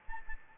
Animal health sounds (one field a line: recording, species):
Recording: mosquito wingbeat signal from an infrared sensor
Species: Aedes albopictus